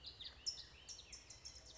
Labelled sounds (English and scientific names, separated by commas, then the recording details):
California Towhee (Melozone crissalis)
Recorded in Sonoma County, California